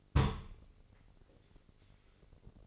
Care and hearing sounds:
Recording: daily activity, microphone in the room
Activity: place on stove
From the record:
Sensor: 4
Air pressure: 996.2 hPa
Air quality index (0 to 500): 73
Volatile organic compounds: 3 ppm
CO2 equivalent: 1365 ppm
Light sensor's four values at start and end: 18/50/19/20 and 18/50/19/20

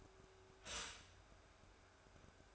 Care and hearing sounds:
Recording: daily activity, microphone in the room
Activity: stop toaster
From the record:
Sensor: 2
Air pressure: 1014.6 hPa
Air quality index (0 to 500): 203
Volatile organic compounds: 23 ppm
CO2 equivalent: 2781 ppm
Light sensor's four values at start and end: 3/9/3/3 and 3/9/3/3

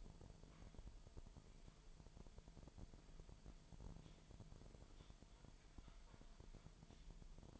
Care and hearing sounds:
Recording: daily activity, microphone in the room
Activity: typing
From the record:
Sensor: 5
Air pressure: 1002.1 hPa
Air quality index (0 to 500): 228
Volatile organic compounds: 30 ppm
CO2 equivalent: 2960 ppm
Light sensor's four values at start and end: 10/23/9/10 and 10/23/9/10

